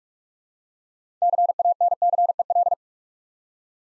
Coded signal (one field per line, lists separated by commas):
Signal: Morse code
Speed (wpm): 44 wpm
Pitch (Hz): 700 Hz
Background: none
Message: CANCEL